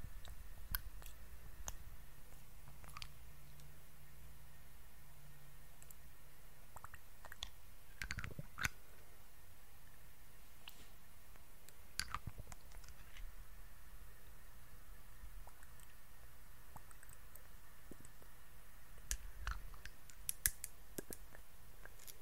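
Soft, close-up face treatment sounds in an ASMR style, made of small wet clicks, taps and squishy touches scattered irregularly through the clip. Louder bursts land around 8 seconds, 12 seconds and 19–21 seconds. A faint low hum runs underneath, briefly stronger in the first seven seconds.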